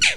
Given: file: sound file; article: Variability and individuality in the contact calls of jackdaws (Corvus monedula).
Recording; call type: jackdaw call; noisy